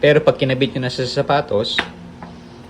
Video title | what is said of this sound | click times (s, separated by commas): HACK! Attachment ayaw maglock sa pedal!! | ayaw mag-lock. No? Ayaw mag-lock dun sa pedal. | none